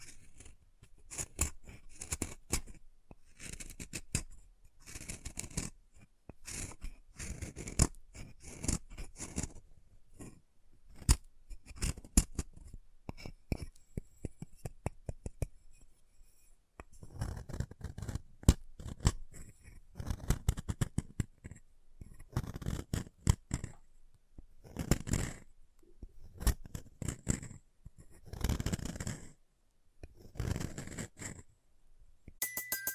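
Chalk being carved and cut, heard as a run of short, dry scraping and snipping strokes. The strokes come in irregular bursts, some quick and clustered, others spaced with brief silences. Several heavier, fuller scrapes stand out near the end.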